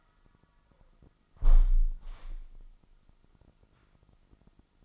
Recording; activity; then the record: daily activity, microphone in the room; close window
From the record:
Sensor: 5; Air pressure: 1004.8 hPa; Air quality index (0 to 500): 81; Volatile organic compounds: 1 ppm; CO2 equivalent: 971 ppm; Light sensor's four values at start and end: 33/78/31/30 and 33/78/31/30